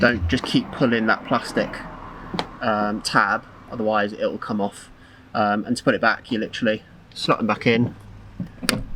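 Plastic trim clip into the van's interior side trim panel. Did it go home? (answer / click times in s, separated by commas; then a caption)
yes / 8.7 s. Someone talks while a plastic trim clip is slotted back into the interior side trim panel of a 2019 Mercedes Sprinter van and pushed in. The clip clicks into place with a sharp snap at 8.7 s, and it is seated.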